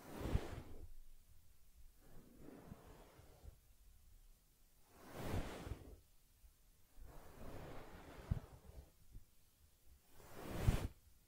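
Soft swishing strokes across a teddy bear's fur, like combing or rubbing, come in slow, uneven passes about every two to three seconds. The strongest sweeps fall near the start, around five seconds and near the end, with faint dull bumps and quiet gaps between.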